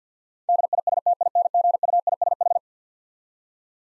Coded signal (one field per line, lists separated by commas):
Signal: Morse code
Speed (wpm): 50 wpm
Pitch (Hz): 700 Hz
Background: none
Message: DISTINGUISH